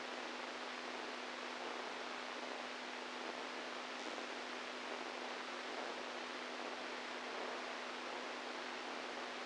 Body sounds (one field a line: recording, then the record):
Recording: brain microelectrode recording played as sound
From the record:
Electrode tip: inside the subthalamic nucleus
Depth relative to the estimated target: 1 mm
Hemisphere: right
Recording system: NeuroSet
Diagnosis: Parkinson's disease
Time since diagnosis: 10 years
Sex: male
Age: 65 years